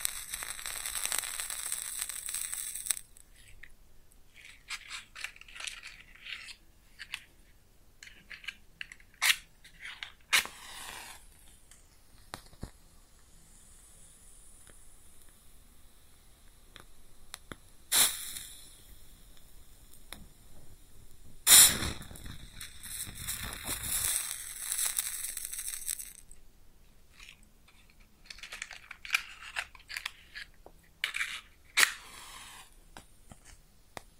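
A match is lit and put out, heard close up: sharp crackles and a hissing flare in the first few seconds, then sparse dry pops and clicks. Around the twenty-second mark a bright scrape bursts into a few seconds of sizzling before more scattered crackles.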